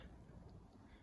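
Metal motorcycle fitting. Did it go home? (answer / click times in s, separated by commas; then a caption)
no / none. A detachable motorcycle part with a twist-and-push latch is handled as it goes back onto its quick-release mount. Only steady, rumbling low-frequency noise is heard, with no sharp hits. Nothing has seated or clicked into place yet.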